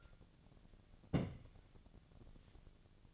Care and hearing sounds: daily activity, microphone in the room; place on stove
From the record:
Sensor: 4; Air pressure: 1000.8 hPa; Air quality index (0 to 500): 124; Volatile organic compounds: 1 ppm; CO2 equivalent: 933 ppm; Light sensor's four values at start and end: 45/111/47/52 and 45/110/47/52

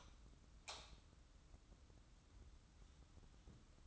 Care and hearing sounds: daily activity, microphone in the room; light on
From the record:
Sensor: 3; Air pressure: 994.4 hPa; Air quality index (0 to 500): 210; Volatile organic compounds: 1000 ppm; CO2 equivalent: 7032 ppm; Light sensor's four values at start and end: 181/435/182/180 and 184/444/186/183

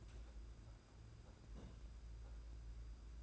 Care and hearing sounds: daily activity, microphone in the room; place on stove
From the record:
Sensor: 2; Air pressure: 991.9 hPa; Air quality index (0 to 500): 234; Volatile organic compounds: 1000 ppm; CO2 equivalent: 7866 ppm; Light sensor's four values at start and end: 17/56/21/20 and 17/56/21/20

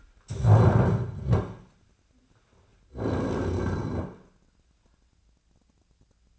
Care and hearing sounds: daily activity, microphone in the room; stand up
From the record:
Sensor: 2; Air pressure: 1009.1 hPa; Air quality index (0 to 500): 173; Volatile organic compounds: 2 ppm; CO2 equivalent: 1261 ppm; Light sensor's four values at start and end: 34/89/38/40 and 38/99/42/45

